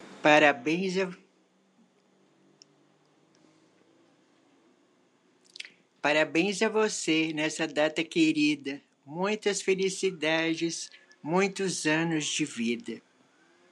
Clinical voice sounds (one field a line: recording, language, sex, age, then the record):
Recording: short text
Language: Brazilian Portuguese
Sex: female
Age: 60 to 69 years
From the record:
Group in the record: control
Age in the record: 68 years